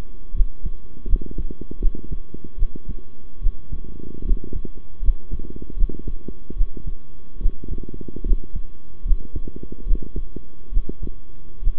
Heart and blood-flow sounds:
heart sounds by stethoscope; between the tricuspid and mitral areas; 74 bpm
0.33 s: heartbeat
1.06 s: heartbeat
1.79 s: heartbeat
2.57 s: heartbeat
3.41 s: heartbeat
4.24 s: heartbeat
5.01 s: heartbeat
5.76 s: heartbeat
6.55 s: heartbeat
7.40 s: heartbeat
8.24 s: heartbeat
9.04 s: heartbeat
9.85 s: heartbeat
10.71 s: heartbeat
11.61 s: heartbeat
From the record:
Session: rest, sitting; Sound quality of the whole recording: good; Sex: male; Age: 23 years

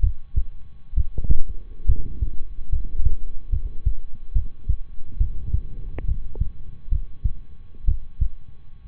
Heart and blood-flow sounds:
heart sounds by stethoscope; between the tricuspid and mitral areas; 69 bpm
0.93 s: heartbeat
1.85 s: heartbeat
2.68 s: heartbeat
3.49 s: heartbeat
4.32 s: heartbeat
5.17 s: heartbeat
6.04 s: heartbeat
6.88 s: heartbeat
7.84 s: heartbeat
From the record:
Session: rest, lying down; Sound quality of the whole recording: good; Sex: male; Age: 23 years

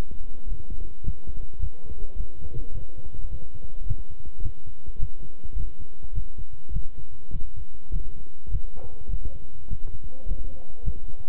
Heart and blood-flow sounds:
heart sounds by stethoscope; between the tricuspid and mitral areas; 104 bpm
0.47 s: heartbeat
1.03 s: heartbeat
1.59 s: heartbeat
2.15 s: heartbeat
2.72 s: heartbeat
3.29 s: heartbeat
3.85 s: heartbeat
4.41 s: heartbeat
4.98 s: heartbeat
5.55 s: heartbeat
6.13 s: heartbeat
6.72 s: heartbeat
7.31 s: heartbeat
7.91 s: heartbeat
8.50 s: heartbeat
9.09 s: heartbeat
9.68 s: heartbeat
10.26 s: heartbeat
10.83 s: heartbeat
From the record:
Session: walking at 3.7 km/h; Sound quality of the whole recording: good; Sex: male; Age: 26 years

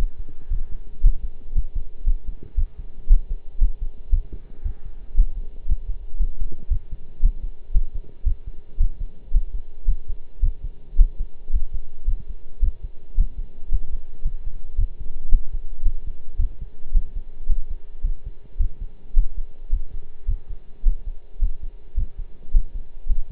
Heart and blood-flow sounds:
heart sounds by stethoscope; between the tricuspid and mitral areas; 112 bpm
0.50 s: heartbeat
1.03 s: heartbeat
1.55 s: heartbeat
2.06 s: heartbeat
2.57 s: heartbeat
3.09 s: heartbeat
3.61 s: heartbeat
4.12 s: heartbeat
4.64 s: heartbeat
5.17 s: heartbeat
5.68 s: heartbeat
6.20 s: heartbeat
6.70 s: heartbeat
7.22 s: heartbeat
7.74 s: heartbeat
8.26 s: heartbeat
8.80 s: heartbeat
9.33 s: heartbeat
9.87 s: heartbeat
10.42 s: heartbeat
10.98 s: heartbeat
11.53 s: heartbeat
12.07 s: heartbeat
12.62 s: heartbeat
13.17 s: heartbeat
13.71 s: heartbeat
14.25 s: heartbeat
14.78 s: heartbeat
15.31 s: heartbeat
15.85 s: heartbeat
16.39 s: heartbeat
16.94 s: heartbeat
17.49 s: heartbeat
18.04 s: heartbeat
18.59 s: heartbeat
19.16 s: heartbeat
19.72 s: heartbeat
20.28 s: heartbeat
20.85 s: heartbeat
21.41 s: heartbeat
21.97 s: heartbeat
22.53 s: heartbeat
23.08 s: heartbeat
From the record:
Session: pedaling a stationary bicycle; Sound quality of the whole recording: partially saturated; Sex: male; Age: 23 years

